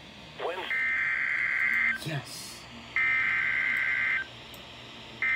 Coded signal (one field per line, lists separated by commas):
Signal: Emergency Alert System (SAME) tones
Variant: header bursts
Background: speech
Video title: Severe Thunderstorm WARNING - EAS #166